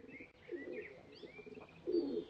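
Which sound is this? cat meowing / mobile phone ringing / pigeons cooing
pigeons cooing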